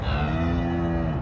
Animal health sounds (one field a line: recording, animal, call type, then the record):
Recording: contact call of a hoofed animal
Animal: cattle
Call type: low-frequency (closed-mouth) or high-frequency (open-mouth) call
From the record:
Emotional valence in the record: negative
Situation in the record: full separation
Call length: 1.21 s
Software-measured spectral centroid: 1230 Hz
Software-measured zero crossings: 890 a second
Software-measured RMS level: -24 dBFS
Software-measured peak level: -14 dBFS